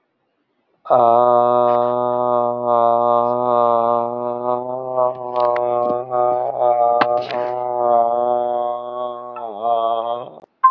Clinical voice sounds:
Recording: vowel held as long as possible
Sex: male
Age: 40 to 49 years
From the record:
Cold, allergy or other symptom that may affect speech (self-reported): no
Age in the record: 43 years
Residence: North Carolina, United States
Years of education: 16

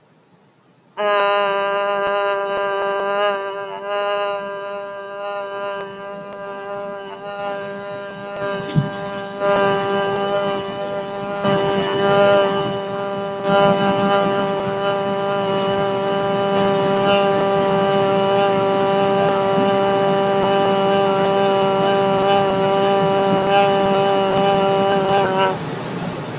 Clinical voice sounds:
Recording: vowel held as long as possible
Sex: female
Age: 40 to 49 years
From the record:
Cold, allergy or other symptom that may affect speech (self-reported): no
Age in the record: 40 years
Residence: New York, United States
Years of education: 12

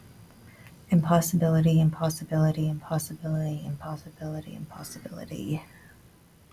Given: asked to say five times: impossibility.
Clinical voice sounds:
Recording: repeated word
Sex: female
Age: 30 to 39 years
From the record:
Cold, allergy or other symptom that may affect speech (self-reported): no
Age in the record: 36 years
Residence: Georgia, United States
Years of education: 17

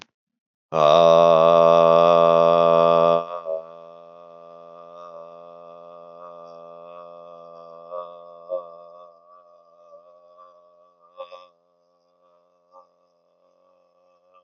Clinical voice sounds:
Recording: vowel held as long as possible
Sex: male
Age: 40 to 49 years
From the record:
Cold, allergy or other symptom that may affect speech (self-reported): no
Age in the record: 42 years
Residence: South Carolina, United States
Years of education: 16

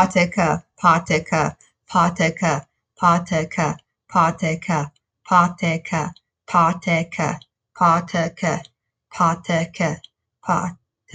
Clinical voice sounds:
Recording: repeated syllables /pa ta ka/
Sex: female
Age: 30 to 39 years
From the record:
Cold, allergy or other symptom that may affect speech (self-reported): no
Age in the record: 35 years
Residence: Utah, United States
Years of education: 17

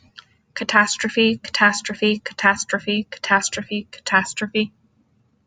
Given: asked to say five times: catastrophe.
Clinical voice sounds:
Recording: repeated word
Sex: female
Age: 20 to 29 years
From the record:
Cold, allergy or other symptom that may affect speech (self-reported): no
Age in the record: 27 years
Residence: Michigan, United States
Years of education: 16

